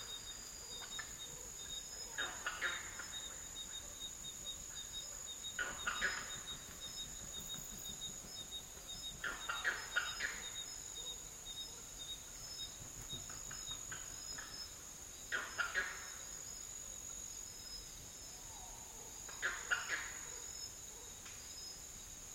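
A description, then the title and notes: Madagascar dry forest with a steady, high, thin insect drone that never lets up. Every few seconds a brief, brighter chirping call breaks in, around 2, 6, 10, 15 and 20 seconds, over a quiet, soft low background. Madagascar dry forest sounds. Huge baobabs tower over thorny scrub.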